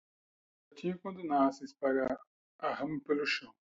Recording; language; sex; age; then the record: short text; Brazilian Portuguese; male; 40 to 49 years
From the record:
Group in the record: control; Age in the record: 48 years